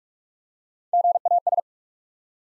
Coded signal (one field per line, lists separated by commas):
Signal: Morse code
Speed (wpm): 44 wpm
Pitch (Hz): 700 Hz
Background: none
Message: G A S